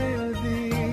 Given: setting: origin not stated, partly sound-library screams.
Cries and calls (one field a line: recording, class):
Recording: one-second piece from a danger detection set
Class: normal situation